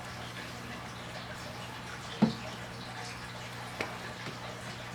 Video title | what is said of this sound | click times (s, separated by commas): Throttle Body Spacer Install- Acura TSX (CU2, Honda Accord Euro) | and then you'll hear a little click when this one gets into place | 3.8 s